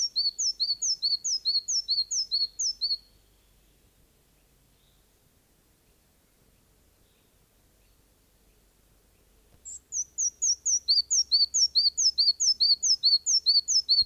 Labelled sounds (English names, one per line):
Red-breasted Flycatcher song